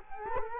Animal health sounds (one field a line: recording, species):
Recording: mosquito wingbeat signal from an infrared sensor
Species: Culex quinquefasciatus